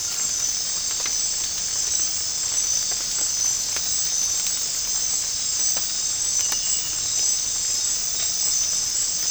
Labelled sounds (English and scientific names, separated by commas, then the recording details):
none
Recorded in secondary vegetation near Puerto Asís, Putumayo, Colombia, on 8 March 2025 at 00:00
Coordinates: 0.502, -76.326
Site G100